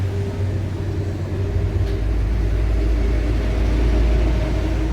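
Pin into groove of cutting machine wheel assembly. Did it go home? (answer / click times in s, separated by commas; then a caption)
no / none. A metal pin is placed into the groove of a cutting machine's wheel assembly and lined up during a repair, before the wheel is fitted to lock it. A steady low rumble and hum run through the clip with no sharp sounds, and nothing has seated or clicked yet.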